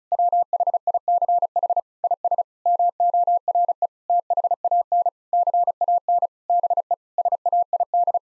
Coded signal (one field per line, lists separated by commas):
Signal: Morse code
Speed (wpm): 36 wpm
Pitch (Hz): 700 Hz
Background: none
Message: WHICH IS MORE THAN CAN BE SAID